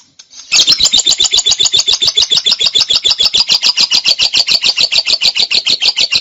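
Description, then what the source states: Bird song of sharp, high, buzzy pulses repeated rapidly and evenly, starting abruptly after a short quiet moment. Used for training songbirds.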